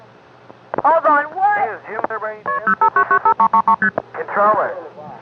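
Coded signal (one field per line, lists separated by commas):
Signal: multi-frequency trunk signalling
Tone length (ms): 90 ms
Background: speech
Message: KP05995333ST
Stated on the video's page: Recorded June 1971 on an accidental conference in the Hempstead NY telephone central office, 5166 vacant code, with phone phreaks.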